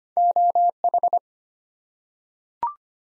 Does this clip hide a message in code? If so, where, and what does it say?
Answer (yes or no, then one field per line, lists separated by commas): yes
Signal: Morse code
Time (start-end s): 0.2-1.2 s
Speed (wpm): 25 wpm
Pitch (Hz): 700 Hz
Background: none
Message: OH